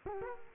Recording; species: mosquito wingbeat signal from an infrared sensor; Culex quinquefasciatus